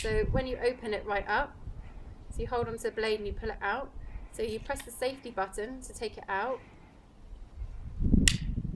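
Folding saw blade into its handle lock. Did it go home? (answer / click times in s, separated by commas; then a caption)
yes / 8.3 s. Someone talks while opening a folding pruning saw, holding the blade and pulling it out of the handle with the safety button pressed. The blade clicks and locks open in its handle lock at 8.3 s, seated and confirmed, with a softer sound just before and after as it is pushed to check that it holds.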